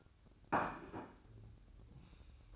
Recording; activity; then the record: daily activity, microphone in the room; place plate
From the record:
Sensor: 2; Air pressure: 1007.4 hPa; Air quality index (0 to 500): 44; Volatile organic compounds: 1 ppm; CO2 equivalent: 551 ppm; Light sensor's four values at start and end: 7/18/7/8 and 7/18/7/8